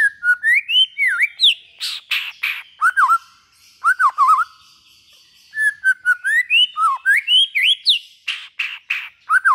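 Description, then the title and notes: White-rumped shama song, rapid whistled phrases swooping up and down, interrupted by harsh noisy bursts, repeated in two similar runs. Long-duration song used as a lure for trapping. "Pikat Murai Batu Durasi Panjang. Burung Murai Batu"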